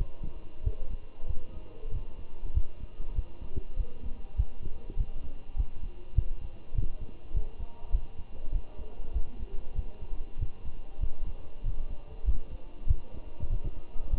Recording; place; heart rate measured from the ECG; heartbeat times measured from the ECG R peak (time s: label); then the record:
heart sounds by stethoscope; between the tricuspid and mitral areas; 98 bpm
0.64 s: heartbeat
1.28 s: heartbeat
1.92 s: heartbeat
2.55 s: heartbeat
3.16 s: heartbeat
3.77 s: heartbeat
4.37 s: heartbeat
4.97 s: heartbeat
5.57 s: heartbeat
6.16 s: heartbeat
6.75 s: heartbeat
7.34 s: heartbeat
7.92 s: heartbeat
8.53 s: heartbeat
9.14 s: heartbeat
9.76 s: heartbeat
10.39 s: heartbeat
11.01 s: heartbeat
11.64 s: heartbeat
12.26 s: heartbeat
12.88 s: heartbeat
13.50 s: heartbeat
14.11 s: heartbeat
From the record:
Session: walking at 3.7 km/h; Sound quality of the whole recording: good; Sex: male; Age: 23 years